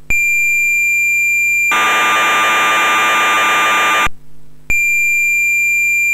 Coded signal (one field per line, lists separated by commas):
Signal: cassette data (Kansas City type)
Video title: MSX VG-8020 - SPITFIRE 40 - Cassette Tape Loading